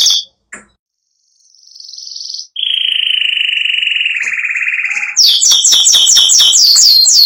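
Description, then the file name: Spanish Giboso canary song: a short high note, a pure whistled tour, a long rolling trill falling in pitch, then fast repeated sweeping notes in a rapid rhythm. "canto do canario giboso espanhol"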